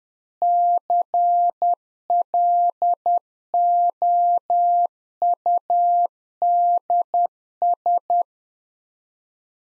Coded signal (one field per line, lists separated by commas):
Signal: Morse code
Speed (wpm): 10 wpm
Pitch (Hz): 700 Hz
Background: none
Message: CLOUDS